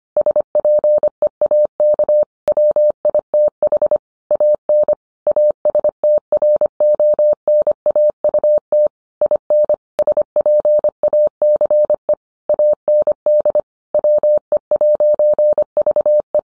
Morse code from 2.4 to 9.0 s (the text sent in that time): WITH AN ASTRONAUT